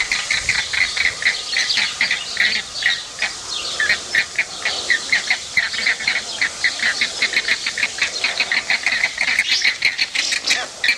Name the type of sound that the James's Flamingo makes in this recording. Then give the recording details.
call. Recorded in captivity. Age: adult. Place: Zoo Berlin, Berlin, DE. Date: 1987-07-02 11:25. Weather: sunny, 20°C. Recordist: Tembrock, Günter